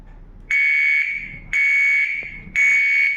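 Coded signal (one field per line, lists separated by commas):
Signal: alarm pattern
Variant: electronic sounder, T3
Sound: three harsh high-pitched electronic alarm tones, about one second apart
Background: small room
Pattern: temporal three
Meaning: Fire evacuation signal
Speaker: Ayun. So temporal na ito.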